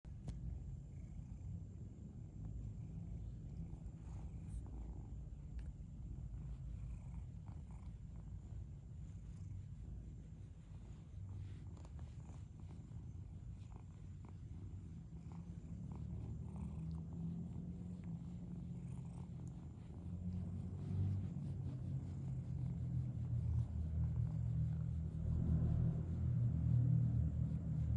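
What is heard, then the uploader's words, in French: A cat purrs steadily, a low, dense rumble that pulses in a fast, even rhythm throughout. The purring grows louder and fuller in the last ten seconds, and a faint thin whine sits high above it the whole time. Gros câlin, gros ronron. Reçoit un gros câlin et ronronne intensément.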